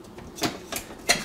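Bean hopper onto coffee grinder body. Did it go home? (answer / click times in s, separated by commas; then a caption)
no / none. A plastic bean hopper is handled onto the body of an OXO Brew Conical Burr Coffee Grinder, being set in place to twist toward its lock position. Three short plastic knocks sound at about 0.4, 0.8 and 1.1 seconds over a quiet background. Nothing has seated or clicked into place yet.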